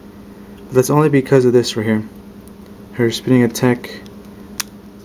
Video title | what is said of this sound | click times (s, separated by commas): Toy Biz Xena Gabrielle Spinning Staff Attack Figure Review | so it's locked into place when I do that | 4.6 s